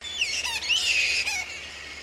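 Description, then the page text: Black flying fox group calls, harsh overlapping screeches and squawks with wavering high tones, continuous for two seconds. Flying foxes calling as a group in Noosa, Queensland. "Black Flying Fox Group Call. Flying foxes (bats) in Noosa Queensland"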